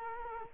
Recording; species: mosquito wingbeat signal from an infrared sensor; Culex quinquefasciatus